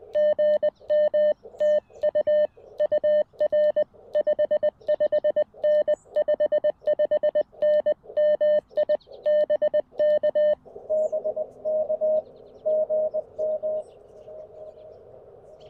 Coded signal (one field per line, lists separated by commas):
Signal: Morse code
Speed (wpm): 20 wpm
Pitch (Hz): 600 Hz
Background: none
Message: GM TU UR 55N 55N MI BK BK GM